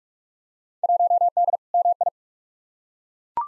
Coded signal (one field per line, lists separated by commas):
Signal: Morse code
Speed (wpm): 42 wpm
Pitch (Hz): 700 Hz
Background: none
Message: 1D MI